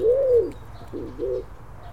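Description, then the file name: Stock dove call, a low hollow coo rising and falling, followed by two softer shorter coos. "Sepelkyyhky"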